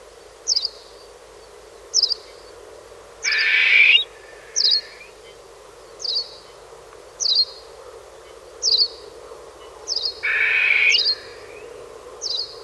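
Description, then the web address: Partridge giving harsh, rasping calls just under a second long, twice, while short high thin notes repeat about every second throughout. "partridge bird"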